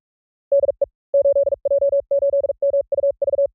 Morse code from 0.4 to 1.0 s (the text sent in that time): DE